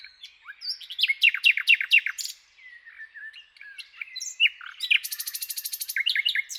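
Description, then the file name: Common nightingale song: rich varied phrases of quick descending notes, then a long fast rattling trill of repeated clicks around five seconds. "Luscinia megarhynchos"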